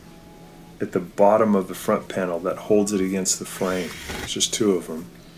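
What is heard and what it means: During a fix for a leaking LG washer, a plastic trim piece is handled for reinstallation into the washer's front panel while someone talks. The piece has not yet been pushed home, so nothing has seated or clicked yet.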